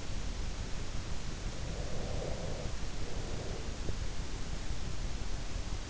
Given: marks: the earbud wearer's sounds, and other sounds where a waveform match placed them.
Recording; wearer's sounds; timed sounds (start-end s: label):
sounds in sleep by an in-ear microphone; breath
1.56-3.93 s: breath